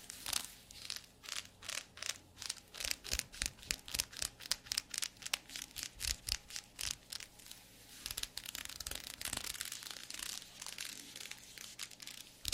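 Leather squeaks and creaks in quick, regular bursts, about three each second, crisp and bright, for the first eight seconds. After that the creaking runs together into a denser, continuous crinkling rub to the end. A faint low hum sits underneath throughout.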